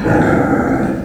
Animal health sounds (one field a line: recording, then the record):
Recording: squeal of a Yucatan mini pig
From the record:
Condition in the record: after surgery on the right vocal fold (resection and tissue-engineered implant)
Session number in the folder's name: 1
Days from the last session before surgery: 13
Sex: female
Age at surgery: 19 weeks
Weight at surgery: 25 kg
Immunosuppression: prednisolone